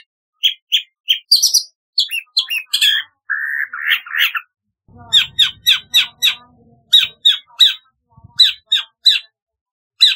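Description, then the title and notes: Long-tailed shrike song, a varied run of sharp chattering notes and harsh squawks, with bursts of rapid repeated chips and a short scratchy buzz; a faint low rumble midway. "Kicau Burung Cendet"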